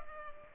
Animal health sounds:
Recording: mosquito wingbeat signal from an infrared sensor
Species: Culex pipiens

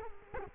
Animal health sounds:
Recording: mosquito wingbeat signal from an infrared sensor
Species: Culex quinquefasciatus

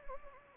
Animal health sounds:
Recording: mosquito wingbeat signal from an infrared sensor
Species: Anopheles gambiae

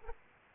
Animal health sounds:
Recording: mosquito wingbeat signal from an infrared sensor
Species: Aedes aegypti

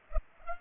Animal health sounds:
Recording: mosquito wingbeat signal from an infrared sensor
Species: Culex pipiens

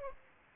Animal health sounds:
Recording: mosquito wingbeat signal from an infrared sensor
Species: Aedes aegypti

